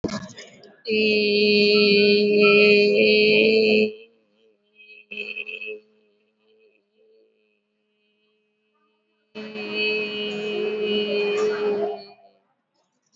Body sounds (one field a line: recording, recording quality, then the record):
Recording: sustained vowel as in made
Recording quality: excellent, no background noise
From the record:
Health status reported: COVID-19 positive, no symptoms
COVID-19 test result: positive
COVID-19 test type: RT-PCR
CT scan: not taken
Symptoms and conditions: cold, sore throat, fatigue, loss of smell and taste, diarrhoea, another condition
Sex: female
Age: 37 years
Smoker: no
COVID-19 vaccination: one dose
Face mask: worn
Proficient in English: yes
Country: India